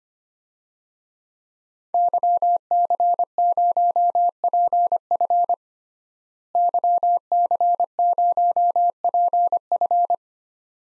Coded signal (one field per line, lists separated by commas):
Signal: Morse code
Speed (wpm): 25 wpm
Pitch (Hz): 700 Hz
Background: none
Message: YC0PF YC0PF